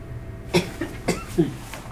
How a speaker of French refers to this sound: Et c'est depuis ce soir que vous toussez comme ça, que vous avez ces glaires ? Oui, il y a un moment que je tousse, vous savez. Et plus ce soir, c'est ça ?